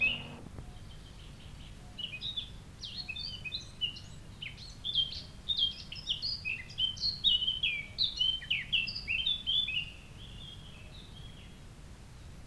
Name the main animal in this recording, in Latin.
Sylvia atricapilla